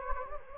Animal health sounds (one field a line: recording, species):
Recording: mosquito wingbeat signal from an infrared sensor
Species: Anopheles gambiae